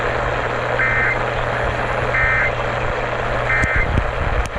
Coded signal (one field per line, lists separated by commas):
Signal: Emergency Alert System (SAME) tones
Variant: end-of-message bursts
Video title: (FOUND) Atlanta, GA AMBER Alert | EAS #200 (9/28/2023)